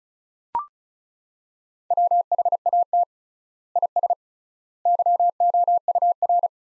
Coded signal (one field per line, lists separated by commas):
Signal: Morse code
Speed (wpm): 36 wpm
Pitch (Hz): 700 Hz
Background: none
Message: WHAT IS YOUR